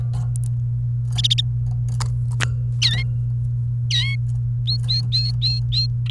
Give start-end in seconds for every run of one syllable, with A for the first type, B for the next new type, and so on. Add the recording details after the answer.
2.82-3.03 A, 3.90-4.16 A, 4.67-5.86 B, 6.06-6.10 C. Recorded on 29 April 2018 at 12:11. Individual llb3